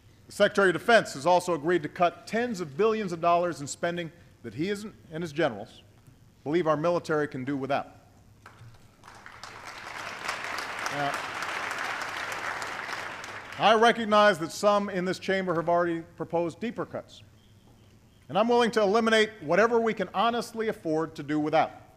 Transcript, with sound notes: The Secretary of Defense has also agreed to cut tens of billions of dollars in spending that he and his generals believe our military can do without. (Applause.) I recognize that some in this chamber have already proposed deeper cuts, and I’m willing to eliminate whatever we can honestly afford to do without.